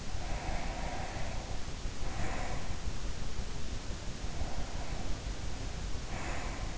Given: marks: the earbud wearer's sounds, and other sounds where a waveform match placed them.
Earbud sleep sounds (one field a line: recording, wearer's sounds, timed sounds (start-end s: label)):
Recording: sounds in sleep by an in-ear microphone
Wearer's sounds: breath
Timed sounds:
0.02-2.85 s: breath
3.92-6.78 s: breath